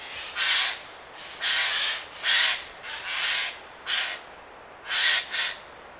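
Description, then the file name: Eurasian jay uttering rough, grating screams in a loose series of about eight bursts, some doubled, spaced under a second apart. "Garrulus glandarius"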